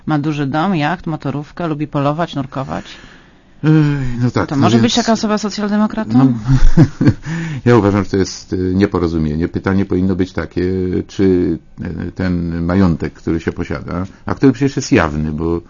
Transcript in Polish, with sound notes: ma duży jacht, dom, motorówkę, lubi polować, nurkować... Może być taka osoba socjaldemokratą? (śmiech) Uważam, że to jest nieporozumienie. Pytanie powinno być takie czy ten majątek, który się posiada, a który przecież jest jawny, bo